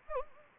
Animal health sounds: mosquito wingbeat signal from an infrared sensor; Anopheles gambiae

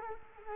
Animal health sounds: mosquito wingbeat signal from an infrared sensor; Culex quinquefasciatus

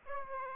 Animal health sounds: mosquito wingbeat signal from an infrared sensor; Aedes aegypti

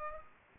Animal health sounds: mosquito wingbeat signal from an infrared sensor; Culex pipiens

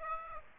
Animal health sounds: mosquito wingbeat signal from an infrared sensor; Aedes aegypti

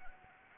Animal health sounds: mosquito wingbeat signal from an infrared sensor; Anopheles arabiensis

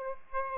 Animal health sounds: mosquito wingbeat signal from an infrared sensor; Aedes aegypti

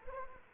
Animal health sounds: mosquito wingbeat signal from an infrared sensor; Anopheles arabiensis

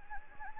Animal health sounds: mosquito wingbeat signal from an infrared sensor; Anopheles gambiae

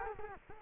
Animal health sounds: mosquito wingbeat signal from an infrared sensor; Culex quinquefasciatus

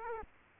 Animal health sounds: mosquito wingbeat signal from an infrared sensor; Culex quinquefasciatus

